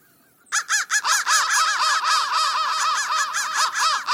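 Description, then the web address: Crow cawing, a few spaced harsh caws that then run into a rapid, continuous string of rasping calls. "soundfactory crow"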